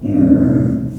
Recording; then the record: squeal of a Yucatan mini pig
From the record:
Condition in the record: after surgery on the right vocal fold (resection and tissue-engineered implant); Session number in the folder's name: 5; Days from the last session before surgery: 33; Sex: female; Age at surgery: 19 weeks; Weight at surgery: 25 kg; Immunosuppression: prednisolone